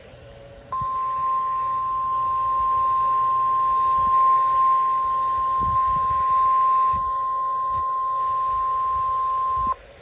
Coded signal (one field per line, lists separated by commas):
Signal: Emergency Alert System (SAME) tones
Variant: 1050 Hz attention tone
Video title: West Virginia Storms || EAS Alerts from 7/12/22 || EAS 314-322